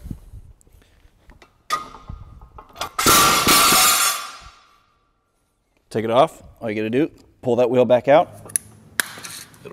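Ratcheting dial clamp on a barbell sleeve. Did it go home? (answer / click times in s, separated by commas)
released / 8.6 s, 9.0 s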